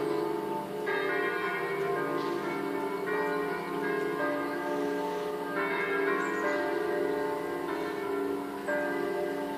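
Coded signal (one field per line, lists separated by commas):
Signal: bell signal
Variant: Italian distesa, five swinging bells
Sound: several church bells swinging and ringing continuously in overlapping random order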